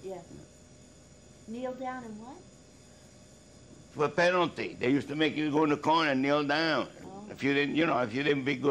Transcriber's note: none